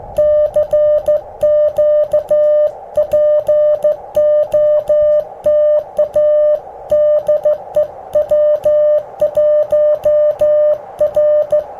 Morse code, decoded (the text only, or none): CQ POTA DE W1R